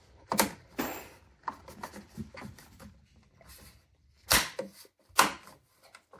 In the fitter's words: You have to hear all the snaps.